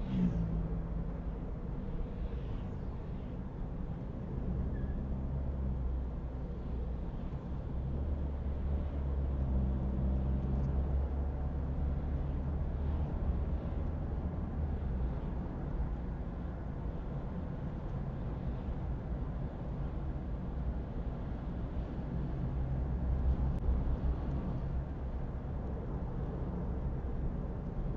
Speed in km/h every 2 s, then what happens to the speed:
67, 67, 64, 58, 55, 57, 57, 63, 68, 70, 72, 73, 70, 71.
0-7 slows to 55. 10-19 speeds up to 72. 19-28 steady at about 71.